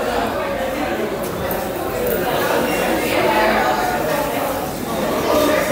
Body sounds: background sound without coughing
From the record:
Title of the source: 40 min - Ambience sounds UNIVERSITY lunchroom chatting

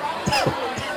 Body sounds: coughing mixed with background sound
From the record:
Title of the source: Dry Coughing Fit in the Afternoon.

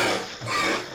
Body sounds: coughing mixed with background sound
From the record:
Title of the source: Cough Around the Clock!

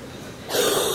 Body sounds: coughing mixed with background sound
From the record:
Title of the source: 30 Chesty and wet cough

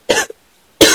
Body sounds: coughing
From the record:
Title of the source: 55 gaggy wet cough

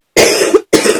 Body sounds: coughing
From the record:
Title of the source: 60 coughing still (deep and wet cough)

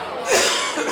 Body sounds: coughing mixed with background sound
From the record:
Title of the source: Spring Cold Coughing 2

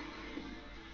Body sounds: background sound without coughing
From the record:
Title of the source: BackgroundMusic

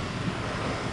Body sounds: background sound without coughing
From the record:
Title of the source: 30 MINUTES Construction Site Ambience (CC BY 4.0)

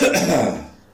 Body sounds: coughing mixed with background sound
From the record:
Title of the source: Spring Cold Coughing 3

